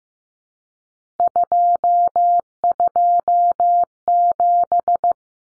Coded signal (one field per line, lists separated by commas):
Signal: Morse code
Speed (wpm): 15 wpm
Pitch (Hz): 700 Hz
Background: none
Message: 227